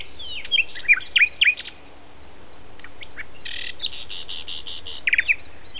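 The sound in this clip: Common nightingale song: short phrases of sharp whistled and slurred notes, then a rapid run of repeated buzzy pulses and a final quick trill, separated by brief pauses.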